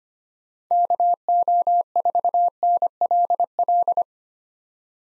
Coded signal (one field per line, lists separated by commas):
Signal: Morse code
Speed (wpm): 25 wpm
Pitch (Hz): 700 Hz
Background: none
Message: KO4NLL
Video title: 2023 POTA Activator Call Signs - 25wpm